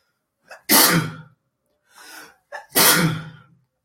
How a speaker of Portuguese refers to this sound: Espirrar. Espirrei.